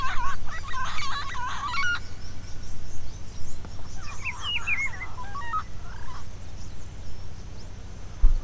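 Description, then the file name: Bird calls: a burst of scratchy, chattering notes with a thin whistled slur, a pause, then a second chattering phrase ending in short whistles, low rumbling background. "SABIOD 50 bird 2015"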